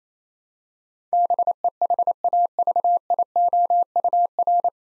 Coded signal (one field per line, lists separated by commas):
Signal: Morse code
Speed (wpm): 27 wpm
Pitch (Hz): 700 Hz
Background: none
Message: BEHAVIOUR